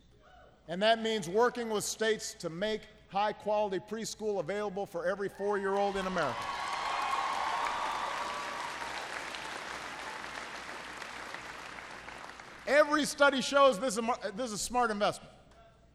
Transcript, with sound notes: And that means working with states to make high-quality preschool available for every four-year-old in America. (Applause.) Every study shows this is a smart investment,